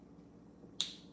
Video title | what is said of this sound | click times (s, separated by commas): Live Lego Building | these, and it tells me that I should just click this in and listen for the click. | 0.8 s